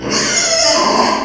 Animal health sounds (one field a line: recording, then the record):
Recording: squeal of a Yucatan mini pig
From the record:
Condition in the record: before surgery on the right vocal fold (resection and tissue-engineered implant)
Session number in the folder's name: 1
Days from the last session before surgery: -3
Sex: male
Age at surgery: 12 weeks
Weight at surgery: 13 kg